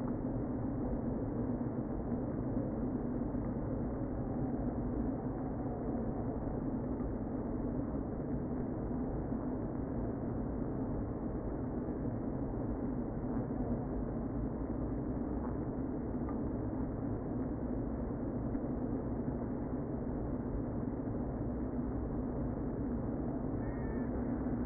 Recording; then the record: honeybee colony, microphone inside the hive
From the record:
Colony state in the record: queen present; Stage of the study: before two queens were removed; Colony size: about 60,000 bees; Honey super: yes